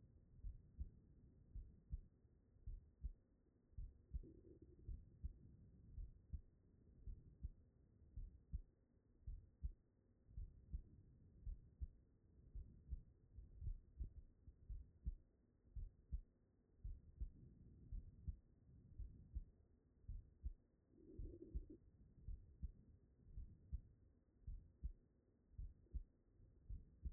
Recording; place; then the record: heart sounds by stethoscope; pulmonary valve (PV)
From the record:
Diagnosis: non-HFrEF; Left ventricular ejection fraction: 66%